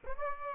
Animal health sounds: mosquito wingbeat signal from an infrared sensor; Aedes aegypti

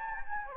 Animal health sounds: mosquito wingbeat signal from an infrared sensor; Anopheles gambiae

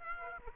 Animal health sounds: mosquito wingbeat signal from an infrared sensor; Aedes aegypti

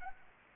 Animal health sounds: mosquito wingbeat signal from an infrared sensor; Anopheles arabiensis

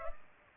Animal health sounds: mosquito wingbeat signal from an infrared sensor; Culex pipiens

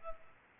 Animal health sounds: mosquito wingbeat signal from an infrared sensor; Culex pipiens

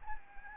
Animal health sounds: mosquito wingbeat signal from an infrared sensor; Anopheles gambiae

